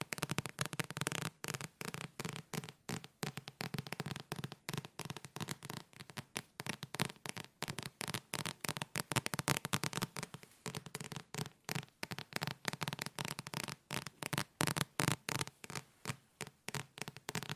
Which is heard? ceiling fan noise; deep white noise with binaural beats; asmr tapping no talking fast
asmr tapping no talking fast